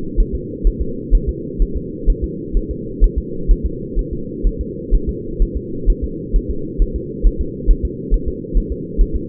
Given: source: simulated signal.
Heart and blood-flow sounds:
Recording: fetal heart sounds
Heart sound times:
0.20 s: S1
0.35 s: S2
0.67 s: S1
0.82 s: S2
1.15 s: S1
1.29 s: S2
1.62 s: S1
1.77 s: S2
2.10 s: S1
2.24 s: S2
2.57 s: S1
2.71 s: S2
3.04 s: S1
3.18 s: S2
3.51 s: S1
3.66 s: S2
3.99 s: S1
4.13 s: S2
4.47 s: S1
4.61 s: S2
4.95 s: S1
5.09 s: S2
5.42 s: S1
5.57 s: S2
5.90 s: S1
6.04 s: S2
6.36 s: S1
6.50 s: S2
6.82 s: S1
6.96 s: S2
7.27 s: S1
7.41 s: S2
7.71 s: S1
7.85 s: S2
8.14 s: S1
8.28 s: S2
8.57 s: S1
8.72 s: S2
9.01 s: S1
9.16 s: S2
From the record:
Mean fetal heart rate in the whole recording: 130 bpm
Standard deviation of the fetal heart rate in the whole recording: 4 bpm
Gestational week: 38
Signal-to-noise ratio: -4.3 dB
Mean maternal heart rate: 72 bpm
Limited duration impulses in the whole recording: present

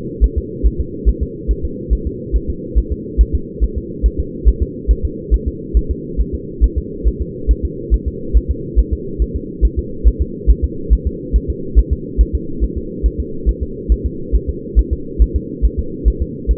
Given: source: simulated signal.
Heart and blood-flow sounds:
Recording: fetal heart sounds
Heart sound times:
0.24 s: S1
0.38 s: S2
0.66 s: S1
0.80 s: S2
1.09 s: S1
1.23 s: S2
1.51 s: S1
1.65 s: S2
1.93 s: S1
2.07 s: S2
2.36 s: S1
2.50 s: S2
2.78 s: S1
2.92 s: S2
3.21 s: S1
3.35 s: S2
3.64 s: S1
3.78 s: S2
4.06 s: S1
4.20 s: S2
4.48 s: S1
4.62 s: S2
4.91 s: S1
5.05 s: S2
5.34 s: S1
5.48 s: S2
5.77 s: S1
5.91 s: S2
6.21 s: S1
6.35 s: S2
6.64 s: S1
6.78 s: S2
7.08 s: S1
7.22 s: S2
7.51 s: S1
7.65 s: S2
7.94 s: S1
8.08 s: S2
8.37 s: S1
8.51 s: S2
8.79 s: S1
8.93 s: S2
9.22 s: S1
9.36 s: S2
9.65 s: S1
9.79 s: S2
10.07 s: S1
10.21 s: S2
10.50 s: S1
10.64 s: S2
10.93 s: S1
11.07 s: S2
11.36 s: S1
11.50 s: S2
11.79 s: S1
11.93 s: S2
12.21 s: S1
12.35 s: S2
12.64 s: S1
12.78 s: S2
13.06 s: S1
13.20 s: S2
13.49 s: S1
13.63 s: S2
13.92 s: S1
14.06 s: S2
14.35 s: S1
14.49 s: S2
14.79 s: S1
14.93 s: S2
15.22 s: S1
15.36 s: S2
15.65 s: S1
15.79 s: S2
16.08 s: S1
16.22 s: S2
16.51 s: S1
From the record:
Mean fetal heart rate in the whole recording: 140 bpm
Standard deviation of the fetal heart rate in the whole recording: 2 bpm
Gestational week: 34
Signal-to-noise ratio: -4.3 dB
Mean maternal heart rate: 72 bpm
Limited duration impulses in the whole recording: absent

